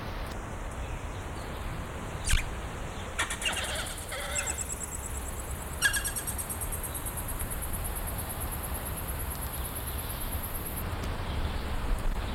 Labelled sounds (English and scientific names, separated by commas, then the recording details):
Striated Caracara (Phalcoboenus australis) call
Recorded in captivity
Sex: diverse
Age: adult
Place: Zoo Dresden, Sachsen, DE
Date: 1995-05-17 15:45
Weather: bedeckt, 12°C
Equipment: Marantz CP 430, Sennheiser ME 80, Kopie Uher 4000 Report Monitor
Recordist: Tembrock, Günter